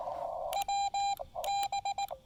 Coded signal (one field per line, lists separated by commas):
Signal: Morse code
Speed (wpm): 18 wpm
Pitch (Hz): 800 Hz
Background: none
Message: WB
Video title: New radio day! A quick field activation on the Blue Ridge Parkway.